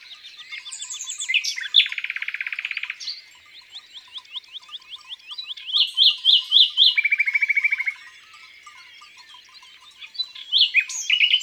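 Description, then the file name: Common nightingale song in varied bursts: a fast buzzy rattle, a soft lull, then pulsed notes and a low rapid trill. Singing in the countryside. "Rossignol philomele Chants doiseaux dans la campagne"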